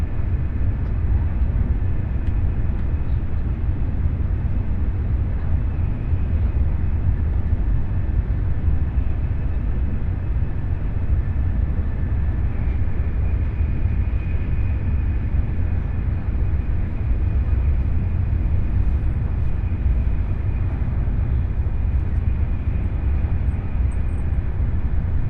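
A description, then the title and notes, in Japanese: A ride on the Nishi-Kyushu Shinkansen from Nagasaki toward Saga, heard as a steady, dense low rumble that holds an even loudness throughout. Deep roar dominates with a softer hiss above, and a faint high whine rises briefly around the middle. 西九州新幹線 長崎→佐賀。西九州新幹線の全線通し、全駅停車の列車に乗って佐賀まで向かいます。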